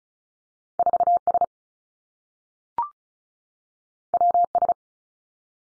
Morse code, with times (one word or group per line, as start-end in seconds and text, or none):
0.8-1.2 4
1.3-1.4 S
4.1-4.4 W
4.6-4.7 S